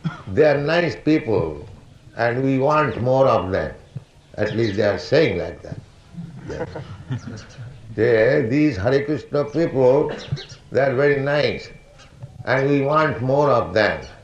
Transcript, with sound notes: "They are nice people, and we want more of them." At least, they are saying like that. [laughter] Yes. "These Hare Krishna people, they are very nice, and we want more of them."